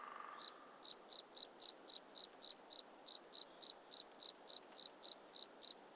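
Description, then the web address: Cricket chirps as evenly spaced high pulses, several a second, over a soft hiss with a brief low tone at the start. "sound hlworld crickets woodpecker"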